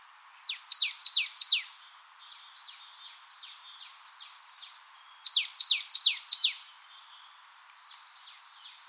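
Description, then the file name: Marsh tit giving sharp, high, steeply descending notes in quick runs of several, in two main bouts with a softer sequence between. "Poecile palustris"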